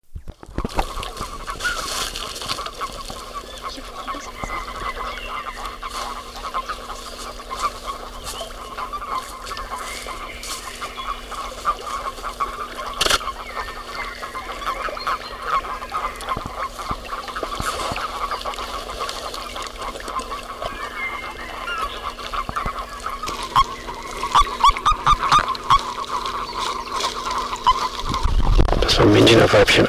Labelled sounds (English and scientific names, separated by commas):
Common Toad (Bufo bufo) call